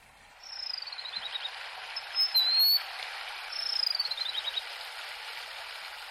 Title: Mountain wagtail